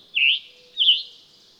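Bird song of two smooth whistled notes that dip and rise, about two-thirds of a second apart.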